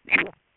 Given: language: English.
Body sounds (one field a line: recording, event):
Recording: throat vibration sensor signal played as sound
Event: swallow